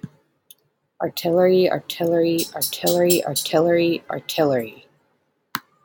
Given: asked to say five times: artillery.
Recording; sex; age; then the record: repeated word; female; 30 to 39 years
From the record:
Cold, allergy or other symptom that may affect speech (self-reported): no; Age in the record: 34 years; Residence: Virginia, United States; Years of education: 14